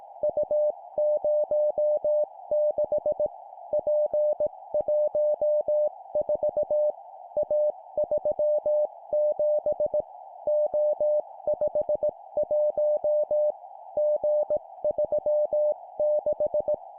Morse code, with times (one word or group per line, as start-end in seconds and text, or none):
0.2-3.3 U06
3.7-6.9 P14
7.4-10.0 A37
10.5-13.5 O51
14.0-16.7 G36